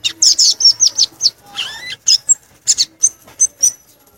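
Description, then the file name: Violaceous euphonia song: high chattering notes and short whistles, a brief lower slurred phrase midway, then spaced sharp chips. "canto do gaturamo verdadeiro"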